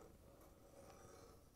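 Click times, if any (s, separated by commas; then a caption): none. A washer drive belt is handled while being fitted onto the large drum pulley of a Whirlpool/KitchenAid/Maytag washer, after going onto the motor pulley first. Only faint, steady rubbing and low mechanical noise are heard, with no distinct hit. Nothing has snapped on or seated yet.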